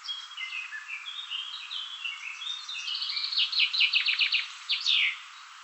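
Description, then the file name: Common chaffinch song, a rattling series of quick downward strokes ending in a brief terminal flourish, with other birds twittering beforehand. "Fringilla coelebs"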